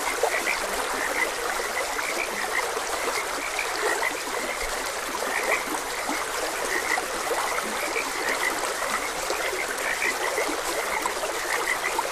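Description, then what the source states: Frogs croaking in a dense chorus, short bright notes overlapping continuously, over the steady rush of flowing water. Frogs croaking beside a gentle stream.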